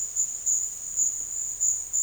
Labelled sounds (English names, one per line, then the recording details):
none
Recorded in dense forest near Puerto Asís, Putumayo, Colombia, on 13 March 2025 at 14:00
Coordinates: 0.481, -76.323
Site G088